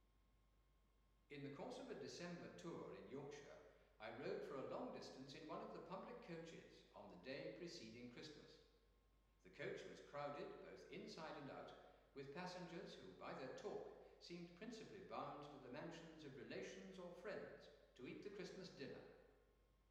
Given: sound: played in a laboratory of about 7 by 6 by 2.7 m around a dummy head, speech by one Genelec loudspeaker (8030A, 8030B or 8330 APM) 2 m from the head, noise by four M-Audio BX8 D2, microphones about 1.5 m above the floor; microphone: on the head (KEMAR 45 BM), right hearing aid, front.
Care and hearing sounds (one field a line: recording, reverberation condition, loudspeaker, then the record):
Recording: male speech in English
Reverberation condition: high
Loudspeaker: 60 degrees to the right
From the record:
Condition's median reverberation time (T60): about 1300 ms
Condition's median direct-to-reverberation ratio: about -4.0 dB